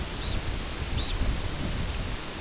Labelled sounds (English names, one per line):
Red Phalarope